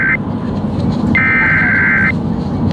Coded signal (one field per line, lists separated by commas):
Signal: Emergency Alert System (SAME) tones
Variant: header bursts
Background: speech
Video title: EAS #60 - Flash Flood Warning